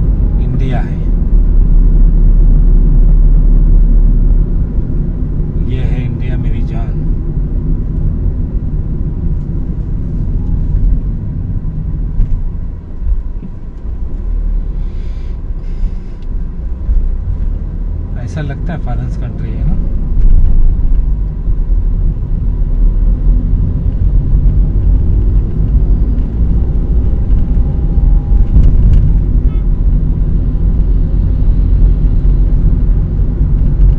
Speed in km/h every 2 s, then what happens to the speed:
42, 42, 39, 34, 30, 17, 4, 9, 11, 18, 16, 24, 30, 36, 35, 37, 39.
3-11 brakes to 4. 11-26 speeds up to 36. 26-34 steady at about 36.